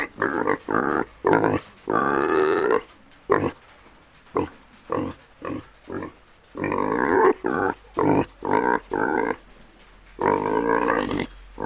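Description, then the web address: Pig grunting: many short, choppy nasal grunts and a few longer ones, separated by quiet pauses. "the sound pack tree. a grunting pig"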